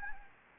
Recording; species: mosquito wingbeat signal from an infrared sensor; Anopheles gambiae